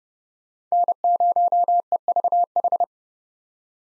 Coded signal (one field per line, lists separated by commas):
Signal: Morse code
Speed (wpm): 31 wpm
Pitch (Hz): 700 Hz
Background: none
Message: N0EVH